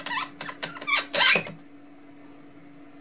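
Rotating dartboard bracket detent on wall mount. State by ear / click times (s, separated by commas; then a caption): seated / 1.2 s. A dartboard is turned on a One80 Rotafix rotating wall-mounted holder, which creaks and squeaks through the turn because its screws are tightened quite tight. The bracket's detent clicks into the next position at 1.2 s, seating the board, and the clip then falls to a quiet steady hum.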